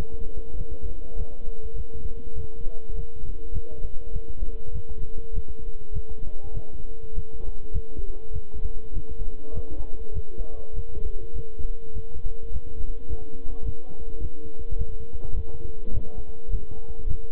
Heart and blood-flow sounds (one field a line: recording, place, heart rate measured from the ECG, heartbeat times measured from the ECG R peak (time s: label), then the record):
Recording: heart sounds by stethoscope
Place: between the tricuspid and mitral areas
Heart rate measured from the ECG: 102 bpm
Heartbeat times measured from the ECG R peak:
0.55 s: heartbeat
1.15 s: heartbeat
1.74 s: heartbeat
2.34 s: heartbeat
2.93 s: heartbeat
3.51 s: heartbeat
4.11 s: heartbeat
4.72 s: heartbeat
5.32 s: heartbeat
5.91 s: heartbeat
6.52 s: heartbeat
7.13 s: heartbeat
7.71 s: heartbeat
8.31 s: heartbeat
8.92 s: heartbeat
9.52 s: heartbeat
10.12 s: heartbeat
10.73 s: heartbeat
11.33 s: heartbeat
11.93 s: heartbeat
12.51 s: heartbeat
13.08 s: heartbeat
13.64 s: heartbeat
14.19 s: heartbeat
14.76 s: heartbeat
15.34 s: heartbeat
15.92 s: heartbeat
16.49 s: heartbeat
17.06 s: heartbeat
From the record:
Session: walking at 3.7 km/h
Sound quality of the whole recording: good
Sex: male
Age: 26 years